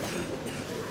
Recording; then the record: coughing mixed with background sound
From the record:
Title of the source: 60 coughing still (deep and wet cough)